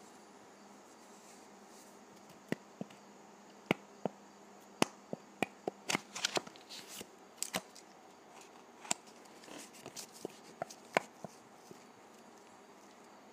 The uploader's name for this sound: ASMR Dry Putty